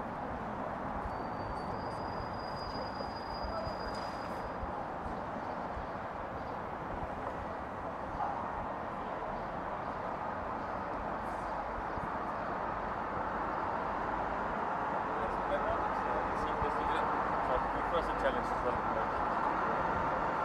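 A steady outdoor murmur near the North Lawn of the White House in Lafayette Square, thick with overlapping voices and traffic rumble. A thin high tone briefly rises and holds early on, and the crowd and traffic grow slightly louder toward the end.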